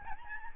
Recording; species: mosquito wingbeat signal from an infrared sensor; Aedes albopictus